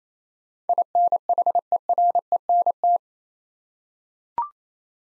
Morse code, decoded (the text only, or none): INHERENT